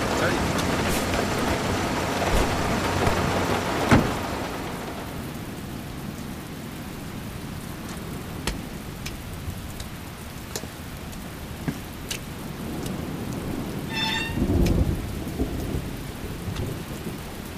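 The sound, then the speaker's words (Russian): Steady rain of a night downpour hisses throughout, heavier and denser in the first few seconds, with scattered sharp drips and taps, and a low rolling rumble of thunder swelling briefly near the end, amid frequent lightning. “Ливень, ночь. Часто сверкает молния.”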